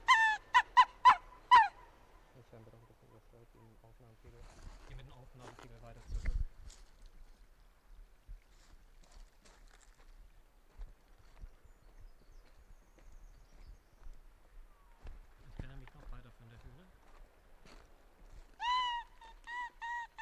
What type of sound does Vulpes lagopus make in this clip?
call